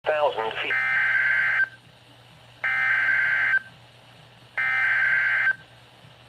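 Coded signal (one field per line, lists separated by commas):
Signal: Emergency Alert System (SAME) tones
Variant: header bursts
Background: speech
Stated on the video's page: NOAA Weather Radio EAS Flash Flood Warning for San Bernardino County, California, recorded from a live stream.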